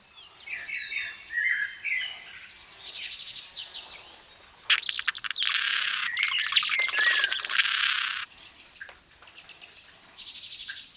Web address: le chant du colibri a gorge bleue